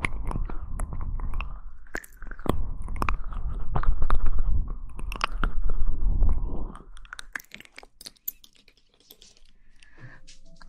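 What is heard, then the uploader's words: Mouth sounds: wet, crunchy chewing with dense clicks and smacks runs steadily for about seven seconds, heaviest around the fourth to sixth second. After that it thins to scattered soft clicks and lip noises, with a brief faint tone near the end. Mouth Sounds.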